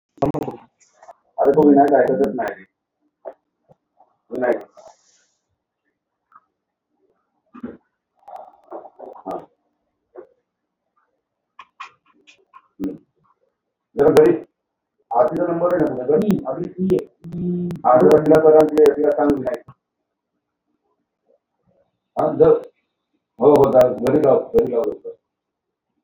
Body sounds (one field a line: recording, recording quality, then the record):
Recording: shallow breathing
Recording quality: poor, much background noise or distortion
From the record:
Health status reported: exposed to COVID-19, no respiratory illness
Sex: male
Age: 32 years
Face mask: not worn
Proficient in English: yes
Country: India